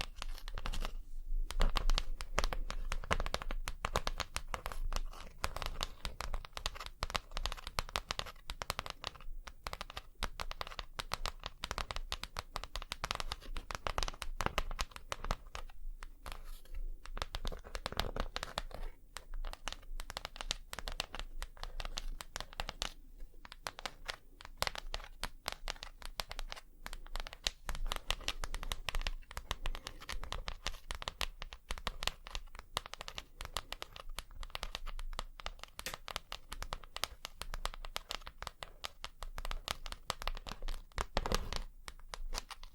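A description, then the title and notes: Long fingernails tap rapidly and continuously on a surface for the whole clip. The clicks are dense and crisp, with slight scratchy, crinkly edges, and keep an even pace and loudness throughout. ASMR 100% Tapping for Sleep & Tingles (Long Nails & No Talking).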